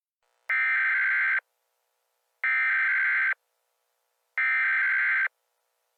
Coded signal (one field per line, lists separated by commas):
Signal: Emergency Alert System (SAME) tones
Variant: header bursts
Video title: EAS Scenario: An Explosive Hell